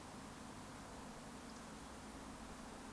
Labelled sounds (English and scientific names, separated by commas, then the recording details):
Eurasian Woodcock (Scolopax rusticola) whistle
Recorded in Baden-Württemberg, Germany, on 3 June 2021 at 20:12 UTC
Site 49334, 1074 m above sea level